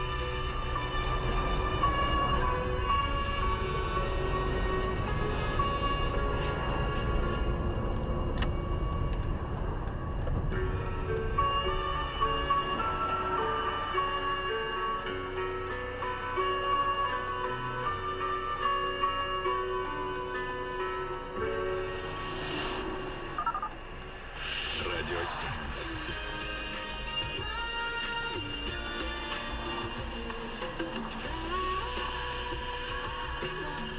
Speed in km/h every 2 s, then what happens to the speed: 10, 17, 21, 23, 23, 19, 7, 0, 1, 1, 0, 0, 0, 1, 0, 0, 0.
0-5 speeds up to 23. 9-13 brakes to 0. 13-34 standing.